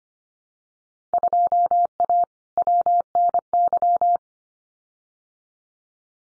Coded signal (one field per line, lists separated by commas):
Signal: Morse code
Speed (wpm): 25 wpm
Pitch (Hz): 700 Hz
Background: none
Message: 2A WNY